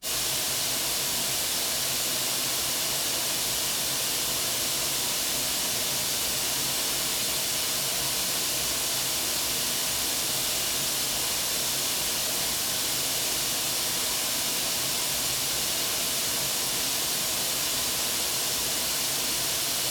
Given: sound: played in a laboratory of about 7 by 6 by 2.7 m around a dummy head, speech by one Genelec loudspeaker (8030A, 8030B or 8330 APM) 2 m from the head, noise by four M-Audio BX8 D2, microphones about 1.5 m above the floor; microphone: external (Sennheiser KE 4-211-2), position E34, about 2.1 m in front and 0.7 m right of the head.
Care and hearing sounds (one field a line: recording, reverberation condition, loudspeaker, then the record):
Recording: white noise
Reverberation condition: medium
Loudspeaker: four, about 170 cm from the corners of the room and facing them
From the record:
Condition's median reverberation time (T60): about 510 ms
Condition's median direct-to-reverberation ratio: about -0.5 dB